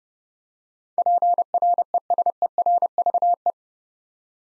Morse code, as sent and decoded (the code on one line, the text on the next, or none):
.--. .-. . ... . .-. ...- .
PRESERVE